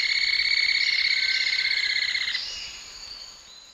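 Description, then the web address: White-chinned jacamar giving a loud sustained high call with layered harmonics, holding steady then breaking and fading after about two and a half seconds. Eastern lowlands of South America. "Natures Songs S America Eastern Lowlands. Galbula tombacea, calls and song"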